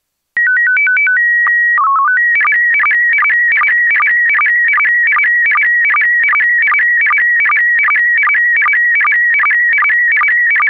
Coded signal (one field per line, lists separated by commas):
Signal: SSTV (slow-scan television)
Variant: PD 50